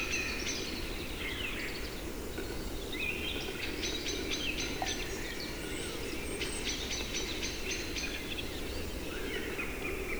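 A capercaillie cock displays in a spring forest. A quick run of regular clicks comes around four to five seconds and again from six to eight and a half, set among scattered small-bird calls and chirps. A steady low rumble runs throughout.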